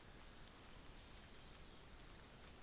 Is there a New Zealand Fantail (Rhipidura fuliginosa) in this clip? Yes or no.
no